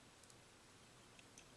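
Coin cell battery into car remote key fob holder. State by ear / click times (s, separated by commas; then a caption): not seated / none. A new CR2032 coin cell battery is handled in the plastic battery holder of a 2018–2022 Honda Accord remote key fob, laid in and pushed down at the front. Only a few faint ticks rise over a steady low background. Nothing has seated or snapped into place yet.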